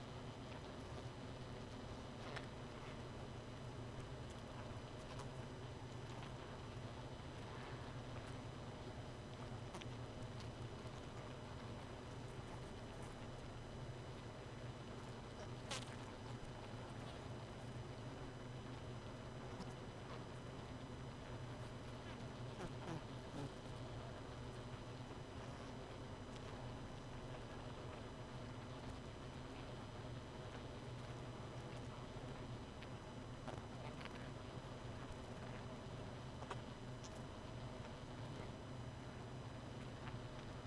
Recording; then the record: honeybee colony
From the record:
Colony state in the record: missing queen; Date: 31 May 2018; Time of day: 2:06